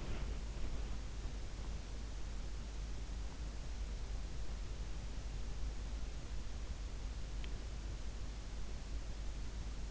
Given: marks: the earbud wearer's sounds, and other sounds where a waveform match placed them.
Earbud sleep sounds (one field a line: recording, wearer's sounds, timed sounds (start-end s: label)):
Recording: sounds in sleep by an in-ear microphone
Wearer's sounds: body movement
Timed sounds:
0.00-1.68 s: body movement